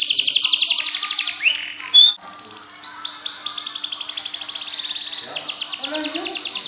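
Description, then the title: Canary song with rapid buzzy trills, a brief rising sweep, then rolling repeated notes and a dense rattling trill at the end. "Ini Baru Kenari!"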